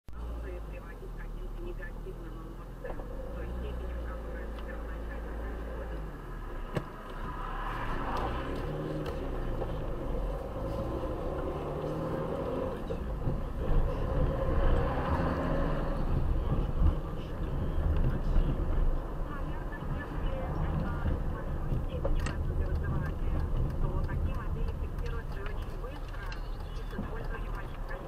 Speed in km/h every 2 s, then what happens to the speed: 0, 1, 2, 3, 0, 16, 24, 25, 30, 29, 27, 25, 19, 6.
0-4 standing. 8-16 pulls away to 30. 16-28 slows to 6.